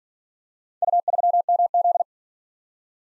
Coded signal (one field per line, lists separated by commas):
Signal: Morse code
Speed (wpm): 47 wpm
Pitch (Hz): 700 Hz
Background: none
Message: U3MZ